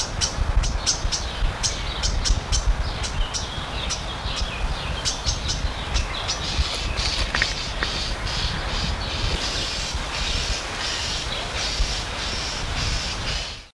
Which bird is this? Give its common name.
European Starling